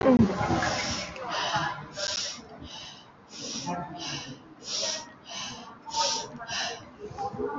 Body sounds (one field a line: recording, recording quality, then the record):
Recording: deep breathing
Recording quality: excellent, no background noise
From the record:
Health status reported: COVID-19 positive, mild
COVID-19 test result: positive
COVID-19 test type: RT-PCR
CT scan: not taken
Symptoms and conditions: cough, loss of smell and taste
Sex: female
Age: 32 years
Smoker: no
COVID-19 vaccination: one dose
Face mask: worn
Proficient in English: yes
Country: India